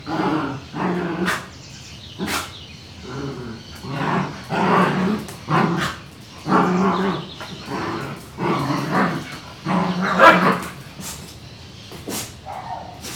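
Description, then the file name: Dog huffing and growling in repeated rough bursts, with scrabbling movement sounds between them. Dog growling, huffing and running indoors. "Cachorro rosnando, bufando e correndo dentro de casa com passaros longe"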